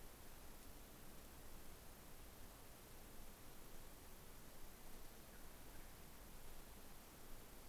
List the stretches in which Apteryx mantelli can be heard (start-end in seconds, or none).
none